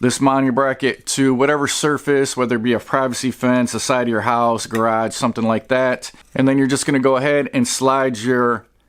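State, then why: Not seated. Someone talks throughout while handling a plastic mounting bracket that is to be screwed to a surface and slid onto the back of a camera solar panel. Nothing has seated or clicked yet.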